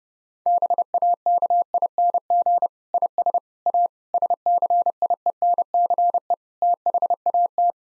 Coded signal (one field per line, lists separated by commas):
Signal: Morse code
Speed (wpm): 30 wpm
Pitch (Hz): 700 Hz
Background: none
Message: BAKING IS A SCIENCE THAT